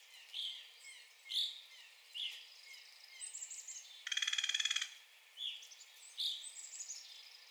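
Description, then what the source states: Evening grosbeak calls, short slurred notes spaced out, interrupted midway by a fast buzzy trill from another bird. Recorded 9 April 2021.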